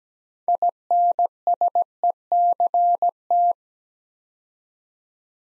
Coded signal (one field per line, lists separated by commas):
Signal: Morse code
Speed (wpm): 17 wpm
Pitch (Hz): 700 Hz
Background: none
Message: INSECT